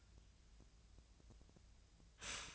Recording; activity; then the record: daily activity, microphone in the room; stop toaster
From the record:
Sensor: 2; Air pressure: 1009.1 hPa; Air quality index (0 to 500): 185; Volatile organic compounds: 11 ppm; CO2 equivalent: 2292 ppm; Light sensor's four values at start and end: 22/55/23/26 and 22/56/24/26